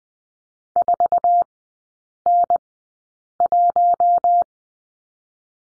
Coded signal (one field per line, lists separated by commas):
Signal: Morse code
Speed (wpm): 20 wpm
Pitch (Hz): 700 Hz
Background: none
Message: 4N1